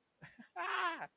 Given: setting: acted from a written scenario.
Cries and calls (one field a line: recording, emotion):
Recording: vocal sound without words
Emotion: elation